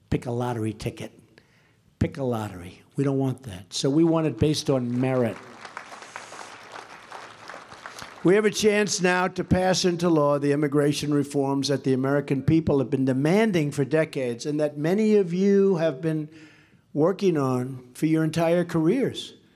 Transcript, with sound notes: Pick a lottery ticket. Pick a lottery. We don’t want that. So we want it based on merit. (Applause.) We have a chance now to pass into law the immigration reforms that the American people have been demanding for decades and that many of you have been working on for your entire careers.